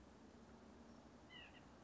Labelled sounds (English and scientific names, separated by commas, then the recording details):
White-breasted Nuthatch (Sitta carolinensis)
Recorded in Sonoma County, California